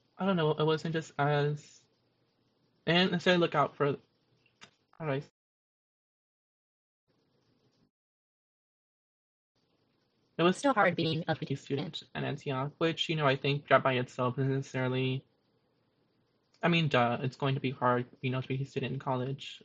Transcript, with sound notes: I don't know it wasn't just as--they didn't necessarily look out for--how do I...? It was [audio distortion] still hard being an LGBT student at Antioch, which you know, I think that by itself isn't necessarily--I mean, duh, it's going to be hard, you know, to be a new student in college.